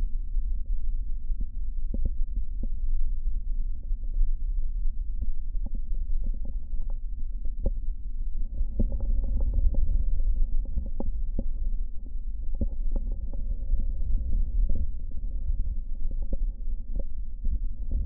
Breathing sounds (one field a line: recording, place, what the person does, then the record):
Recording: lung sounds by stethoscope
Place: left posterior basal chest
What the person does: quiet breathing, then deep breathing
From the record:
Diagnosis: COPD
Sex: male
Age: 77 years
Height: 164 cm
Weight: 58.2 kg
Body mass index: 21.6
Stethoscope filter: diaphragm mode